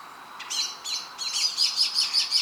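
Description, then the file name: Eurasian wren: a run of sharp, high chirps that start spaced and then speed up into a steady ticking series over two seconds. "Troglodytes troglodytes"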